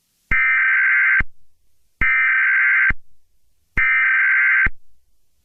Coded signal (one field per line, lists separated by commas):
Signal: Emergency Alert System (SAME) tones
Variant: header bursts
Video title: EAS Mock #4: (LOUD AND VALID TONES) 11/9/11 EAS Test Recreation.